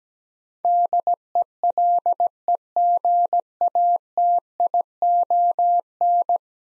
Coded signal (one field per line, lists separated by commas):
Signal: Morse code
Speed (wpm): 17 wpm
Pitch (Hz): 700 Hz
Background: none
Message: DELEGATION